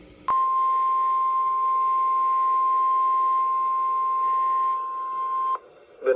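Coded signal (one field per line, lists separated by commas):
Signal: Emergency Alert System (SAME) tones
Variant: 1050 Hz attention tone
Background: speech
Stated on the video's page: Real EAS alerts including RLX severe weather alerts and a flood watch for a dam failure.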